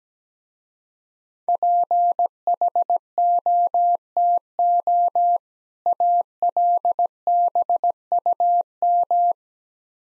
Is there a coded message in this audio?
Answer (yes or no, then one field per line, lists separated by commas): yes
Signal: Morse code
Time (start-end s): 1.5-9.3 s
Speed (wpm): 17 wpm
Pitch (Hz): 700 Hz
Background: none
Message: PHOTO ALBUM